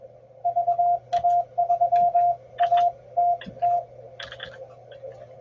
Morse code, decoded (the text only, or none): VA3ATT